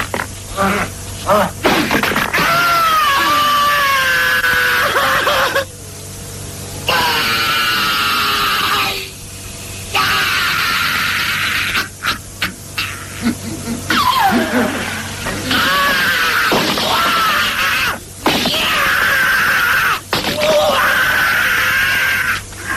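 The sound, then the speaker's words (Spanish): A film soundtrack fragment: loud, strained human screams and yells rise and break over and over, with harsh groans and a few sharp thwacks mixed in, broken by brief pauses between outbursts. “Gunga le pidió a Gowli que repitiera aquel precioso grito, pero Gowli no pudo.”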